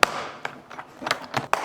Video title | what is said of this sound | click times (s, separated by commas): Huge Toyota 79 series gets a Packout Makeover! | You just want to push this back up and you can hear a click. | 0.0 s